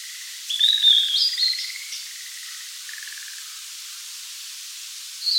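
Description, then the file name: Blue-and-white flycatcher singing one high whistled phrase that steps up in pitch, followed by the start of another; faint pulsed trills hum beneath. "Cyanoptila cyanomelana"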